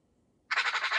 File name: Pica pica